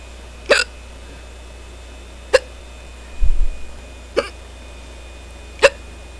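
Four sharp, abrupt hiccups from an adult, about every two seconds, with a brief low rumble in between.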